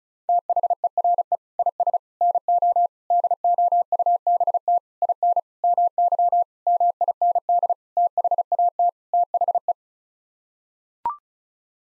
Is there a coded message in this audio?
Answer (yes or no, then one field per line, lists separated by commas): yes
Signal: Morse code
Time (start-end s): 0.3-9.7 s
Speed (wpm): 36 wpm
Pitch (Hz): 700 Hz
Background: none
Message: THERE IS NO DOUBT IN MY MIND THAT THE